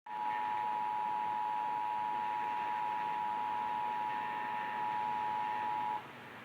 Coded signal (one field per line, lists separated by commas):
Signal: Emergency Alert System (SAME) tones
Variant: 853 and 960 Hz attention tone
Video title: Another EAS Test I caught on camera